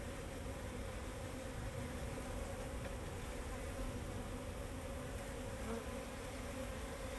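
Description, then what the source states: Bee buzzing as a continuous droning hum over a low background rumble. Bees flying around the recordist in Jacques Brelpark, Kersbeeklaan, Vorst, Belgium; train in background; recorded binaurally with a Sennheiser Ambeo binaural headset.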